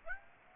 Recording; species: mosquito wingbeat signal from an infrared sensor; Aedes aegypti